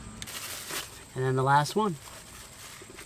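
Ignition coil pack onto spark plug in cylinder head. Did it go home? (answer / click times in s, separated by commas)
no / none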